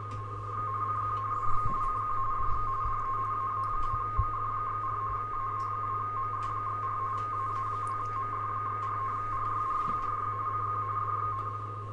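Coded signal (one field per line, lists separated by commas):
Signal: RTTY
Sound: steady warbling two-tone chatter switching rapidly between two close pitches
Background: low hum, radio static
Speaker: let's first look at a signal and listen to it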